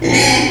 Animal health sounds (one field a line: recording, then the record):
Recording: squeal of a Yucatan mini pig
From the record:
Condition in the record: before surgery on the right vocal fold (resection and tissue-engineered implant)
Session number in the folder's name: 2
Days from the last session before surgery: 0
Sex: male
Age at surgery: 12 weeks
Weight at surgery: 13 kg